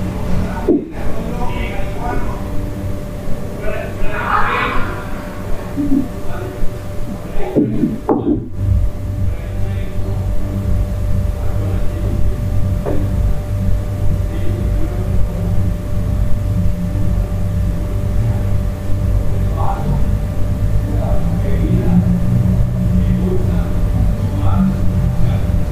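Sounds from a hostel room in Central America: a steady low hum runs throughout, with a constant faint tone above it. Scattered voices and small clattering noises come and go, and sharp dropouts near the start and around eight seconds break the sound briefly.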